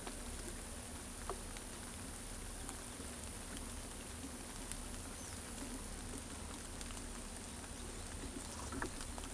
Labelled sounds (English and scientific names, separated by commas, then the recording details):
none
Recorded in pastures near Pivijay, Magdalena, Colombia, on 1 June 2023 at 17:30
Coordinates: 10.456, -74.369
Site P6-G026